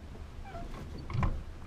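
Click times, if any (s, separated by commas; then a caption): 1.1 s, 1.2 s. The upper sleeping bunk in a MAN F-90 truck cab is folded back up and pushed into its stowed latch, with two short sharp hits at 1.1 s and 1.2 s. The bunk locks back in place and no longer moves.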